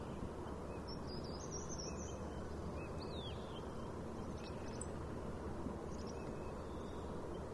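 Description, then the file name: Common chaffinch calls, a few scattered high chirps separated by pauses, with constant low background noise throughout. "Fringilla coelebs"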